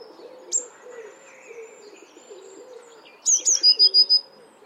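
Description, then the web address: Eurasian blue tit call: a loud run of six clear, high, slightly descending notes near the end, following a single sharp tick, over a soft low background sound. "cianscape. Deverinetal"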